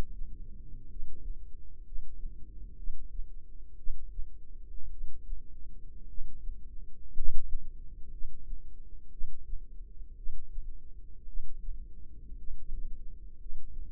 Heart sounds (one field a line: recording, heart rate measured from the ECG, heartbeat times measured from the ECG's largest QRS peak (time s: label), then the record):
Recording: heart sounds by microphone in the left ear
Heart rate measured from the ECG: 58 bpm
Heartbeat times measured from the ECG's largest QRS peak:
0.87 s: heartbeat
1.82 s: heartbeat
2.75 s: heartbeat
3.75 s: heartbeat
4.89 s: heartbeat
6.06 s: heartbeat
7.12 s: heartbeat
8.09 s: heartbeat
9.09 s: heartbeat
10.14 s: heartbeat
11.25 s: heartbeat
12.35 s: heartbeat
13.36 s: heartbeat
From the record:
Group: healthy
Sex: male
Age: 25 years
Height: 170 cm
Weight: 70.4 kg